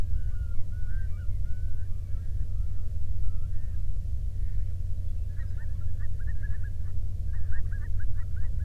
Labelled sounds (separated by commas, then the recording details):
waterfowl, man-made sound
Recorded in the Prudhoe Bay oil fields, Alaska, on 13 June 2019 at 00:06
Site 24